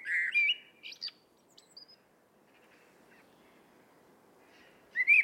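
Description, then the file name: Eurasian blackbird: one mellow fluty phrase with a high squeaky tail, a few faint scattered notes, then the start of another whistled phrase at the end. "Turdus merula"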